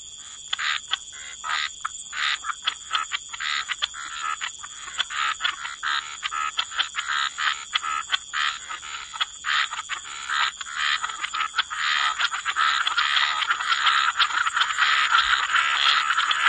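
Frog chorus of rapid clicking and rattling croaks that thickens into a continuous dense trill in the second half, over a constant thin high tone.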